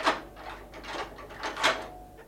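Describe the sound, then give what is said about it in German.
Keys rattle and click in a lock in a series of short, uneven metallic bursts, followed by a door being pushed open. No one speaks. “Wo ist die Türe? Ebenso leicht sprengt Belzebub die Tore des Himmels als du diese. Diese Schlüssel verlachen die Vorsicht der Hölle.”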